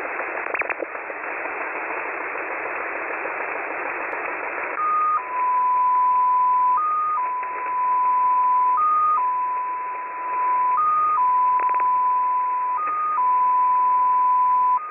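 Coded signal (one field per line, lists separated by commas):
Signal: multi-tone FSK (Olivia or MFSK type)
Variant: XPA2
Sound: hiss, then one steady tone hopping slowly between two nearby pitches every second or two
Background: radio static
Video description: XPA2 is a digital mode of the Russian 7 operator. It utilizes a custom 14-tone MFSK system.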